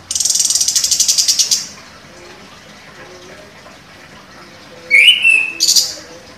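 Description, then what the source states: Orange-headed thrush opening with a fast, high, buzzy rattle, a pause, then a short slurred whistle and another brief high burst. Described as gacor, actively singing.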